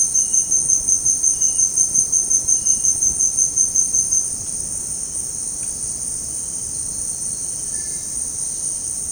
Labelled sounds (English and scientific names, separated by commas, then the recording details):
none
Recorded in dense forest near Puerto Asís, Putumayo, Colombia, on 25 June 2025 at 17:30
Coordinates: 0.486, -76.317
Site G065